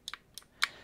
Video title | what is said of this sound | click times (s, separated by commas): Ford DC Fast Charging Adapters - NACS To CCS - Mustang Mach-E & F-150 Lightning | makes that clicking sound. You hear that clicking sound? | 0.1 s, 0.4 s, 0.6 s